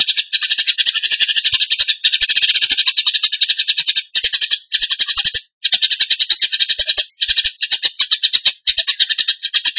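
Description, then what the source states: Bird song of long, harsh rattling trills of rapid pulses, interrupted by short breaks throughout. Masteran training recording of bird song in the tembakan gacor style.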